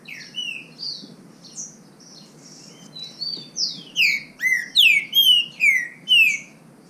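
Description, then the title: Green-winged saltator sings high wavering notes that lead into a loud, steady sequence of about seven slurred, falling whistles. Bird named Nicão singing in the bush, in a song contest with a free-living wild bird. "Trinca Ferro NICÃO No Mato Disputando Com Solto"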